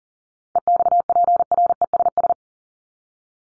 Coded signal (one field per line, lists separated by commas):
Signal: Morse code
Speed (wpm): 40 wpm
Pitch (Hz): 700 Hz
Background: none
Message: EXPRESS